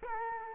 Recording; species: mosquito wingbeat signal from an infrared sensor; Culex quinquefasciatus